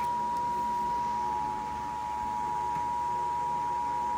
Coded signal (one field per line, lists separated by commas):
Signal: Emergency Alert System (SAME) tones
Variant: 853 and 960 Hz attention tone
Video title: EAS 834 - Severe Thunderstorm Warning (TV)